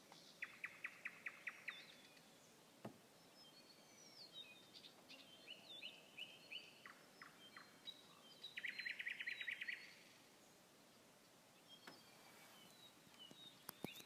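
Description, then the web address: Nightingale song with two loud rapid rattling trills, whistled notes between them and occasional clicks. Song recorded 21 May 2016. "slowik-spiew-slowika-21-maja-2016-r"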